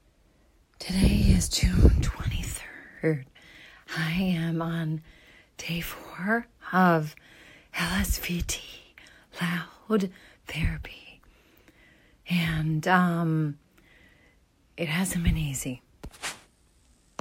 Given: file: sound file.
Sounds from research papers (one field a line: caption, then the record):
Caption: Spontaneous speech was perceptually breathy. Day 4 of LSVT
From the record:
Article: Intensive Voice Treatment following Botulinum Neurotoxin Injection for a Speaker with Abductor Laryngeal Dystonia: An Exploratory Case Study